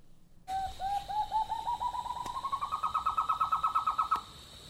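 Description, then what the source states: White-throated Nightjar calling: a long series of short hooting notes that start low, climb steadily in pitch and speed up into a quick bubbling run. Recorded from a bedroom window at Yukai, Northern Rivers area, New South Wales, Australia; elusive species, sometimes heard but rarely seen.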